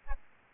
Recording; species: mosquito wingbeat signal from an infrared sensor; Aedes albopictus